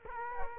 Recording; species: mosquito wingbeat signal from an infrared sensor; Culex quinquefasciatus